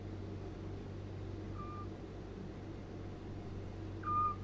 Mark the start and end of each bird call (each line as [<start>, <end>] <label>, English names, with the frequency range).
[1.54, 1.86] Eurasian Scops Owl (1.1-2.5 kHz)
[4.03, 4.35] Eurasian Scops Owl (1.1-2.6 kHz)